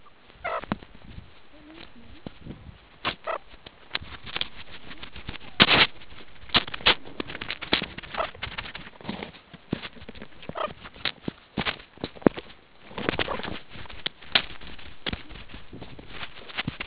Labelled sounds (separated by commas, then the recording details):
meerkat short note, meerkat close call
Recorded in the Kuruman River Reserve, South Africa
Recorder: an audio tag on a meerkat's collar